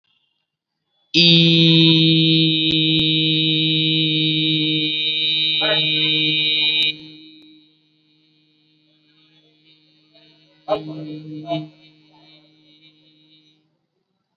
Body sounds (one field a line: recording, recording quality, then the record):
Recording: sustained vowel as in beet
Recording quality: excellent, no background noise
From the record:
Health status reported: COVID-19 positive, mild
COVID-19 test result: positive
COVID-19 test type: RT-PCR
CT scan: not taken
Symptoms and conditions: cough, sore throat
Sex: male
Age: 18 years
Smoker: no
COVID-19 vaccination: both doses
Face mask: worn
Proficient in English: yes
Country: India